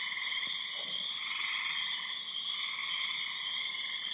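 Frog chorus, a steady overlapping drone of trilled calls at several pitches, with a couple of soft low knocks early on.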